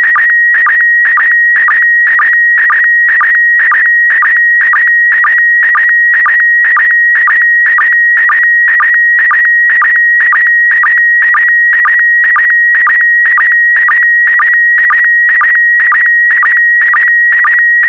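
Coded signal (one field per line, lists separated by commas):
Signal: SSTV (slow-scan television)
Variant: PD120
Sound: steady high whine with rhythmic chirping clicks about twice a second, slightly warbling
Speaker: complete you can now check your decoded image against the picture that is shown on the video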